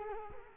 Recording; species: mosquito wingbeat signal from an infrared sensor; Culex quinquefasciatus